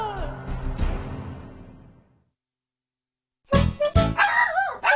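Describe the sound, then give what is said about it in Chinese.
A dog barks in a quick cluster of sharp, loud yaps after a short silence, following an earlier burst of sound that fades away. “但是原来狗狗都帮到我们。”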